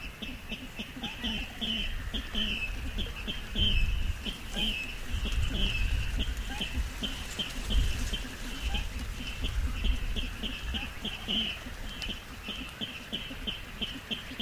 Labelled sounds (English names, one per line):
Little Crake call